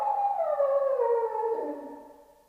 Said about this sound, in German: Hören Sie. Schon wieder. Was? Der Hund? Die Ziehharmonika macht ihn verrückt. Nein. Sie heulen heute schon den ganzen Tag. Wenn Sie wüssten, wie mich das beunruhigt.